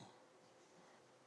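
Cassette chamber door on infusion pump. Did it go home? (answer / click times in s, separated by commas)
no / none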